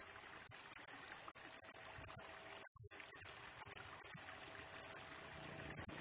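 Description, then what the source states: Blue-crowned hanging parrot song: a steady series of paired high notes, with one longer harsh squeal near the middle. Lure and tutor recording for training and attracting birds; bird sings energetically (gacor) in rapid nembak style, said to stir up all other birds.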